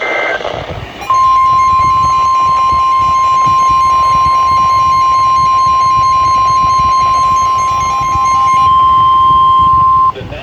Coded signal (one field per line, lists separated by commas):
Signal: Emergency Alert System (SAME) tones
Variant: 1050 Hz attention tone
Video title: August Slight Insanity | EAS Alerts From 8/3/2022 (EAS #1,648-1,693)